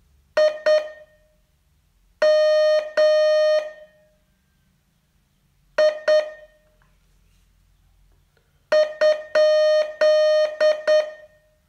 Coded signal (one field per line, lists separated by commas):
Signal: Morse code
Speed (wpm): 9 wpm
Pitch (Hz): 610 Hz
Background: none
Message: I M I ?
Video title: Learn Morse in 42 Days from VU2LAU - day 37